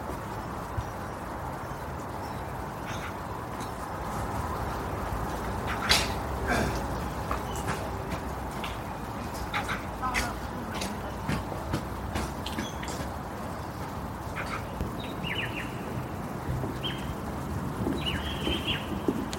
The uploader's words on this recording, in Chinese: 公园里散步，鸟叫声环绕。春节期间。某天午后我决定去公园散散心。走在公园的石板路和草地上，我拿着录音机，录下的除了无所不在的鸟叫，还有其他声音跟鸟叫形成了二重奏甚至三重奏。